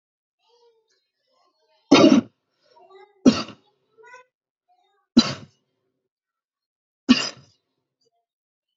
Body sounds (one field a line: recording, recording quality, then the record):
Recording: heavy voluntary cough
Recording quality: excellent, no background noise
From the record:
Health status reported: healthy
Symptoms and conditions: none ticked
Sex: male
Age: 36 years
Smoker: not ticked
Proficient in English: yes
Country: India